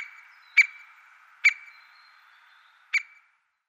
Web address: Schulze Peter White-backed Woodpecker calls